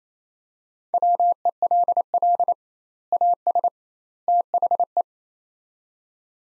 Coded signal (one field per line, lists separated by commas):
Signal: Morse code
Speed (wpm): 28 wpm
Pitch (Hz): 700 Hz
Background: none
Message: WELL AS THE